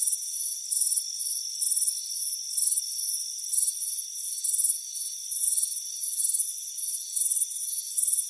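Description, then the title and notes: Crickets giving rapid pulsed chirps in repeated bursts over a steady high-pitched insect background. Crickets chirping on a warm afternoon, front porch. "Soothing Crickets Chirping Sound. It's a warm afternoon as you relax in a hammock on the front porch. Relax and fall asleep to the soothing sound of chirping crickets. Deep Sleep Sounds"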